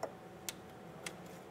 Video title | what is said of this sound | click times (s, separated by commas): How to Replace Wheel Speed Sensor 2007-2012 Nissan Altima | install the connector push until you hear a click | 0.5 s